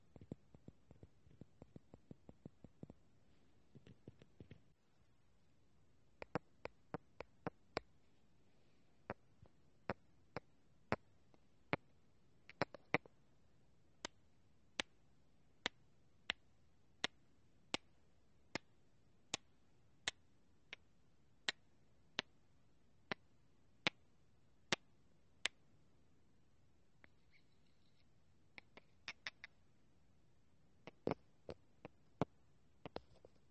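Sharp, crisp taps sound over and over. They come quickly and densely for the first five seconds, pause briefly, then settle into a steady, evenly spaced beat of single taps until about 26 seconds, ending with a few scattered, irregular clusters.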